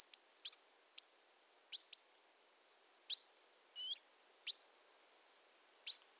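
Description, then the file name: Great tit uttering a quick series of high, sharp call notes, some paired, some slurred, with short gaps between them. "Parus major"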